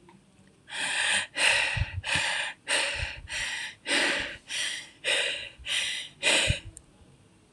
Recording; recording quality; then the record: shallow breathing; excellent, no background noise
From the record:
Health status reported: healthy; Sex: male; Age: 18 years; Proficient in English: yes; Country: India